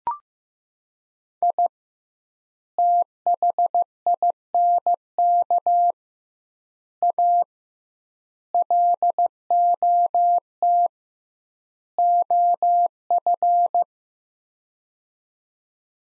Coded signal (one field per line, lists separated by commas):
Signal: Morse code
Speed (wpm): 15 wpm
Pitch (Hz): 700 Hz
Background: none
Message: I THINK A LOT OF